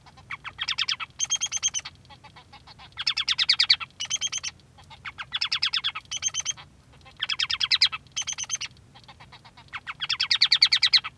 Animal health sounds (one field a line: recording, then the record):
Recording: song of a male Bengalese finch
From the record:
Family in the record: son of father 3